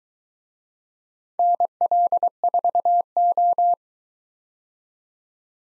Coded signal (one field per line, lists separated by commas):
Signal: Morse code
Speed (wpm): 23 wpm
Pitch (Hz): 700 Hz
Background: none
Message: NL4O